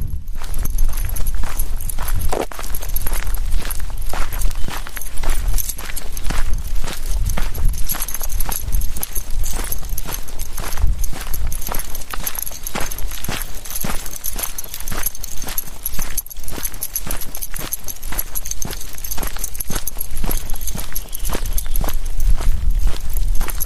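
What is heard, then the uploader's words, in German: An evening walk with a dog in the woods: dense, irregular crunching and rustling steps fill the whole clip, with frequent sharp clicks and snaps. A low rumble sits underneath throughout, and a thin high whine holds steady on top. Abends mit dem Hund im Wald. Aufnahme eines Spaziergangs im Wald.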